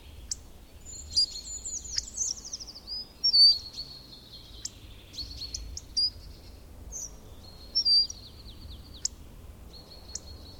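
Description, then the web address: Bird song, a long downward-sliding whistle followed by scattered thin chirps and short notes, with a low steady background noise. "madarak enek"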